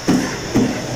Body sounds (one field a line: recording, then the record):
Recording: coughing mixed with background sound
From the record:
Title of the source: Spring Cold Coughing 3